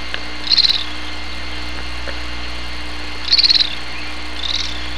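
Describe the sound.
Bird utters quick high twittering bursts, three in five seconds, with a low steady hum behind.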